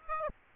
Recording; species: mosquito wingbeat signal from an infrared sensor; Aedes aegypti